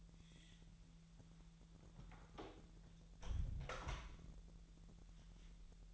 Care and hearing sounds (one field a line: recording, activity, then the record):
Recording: daily activity, microphone in the room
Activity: close door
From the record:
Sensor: 3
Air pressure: 1001.2 hPa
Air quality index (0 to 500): 249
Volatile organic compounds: 169 ppm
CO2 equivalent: 4100 ppm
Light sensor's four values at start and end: 13/30/13/13 and 13/30/13/13